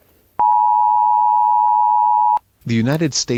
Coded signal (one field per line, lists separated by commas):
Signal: Emergency Alert System (SAME) tones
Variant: 853 and 960 Hz attention tone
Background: speech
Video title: Dakona eas alarm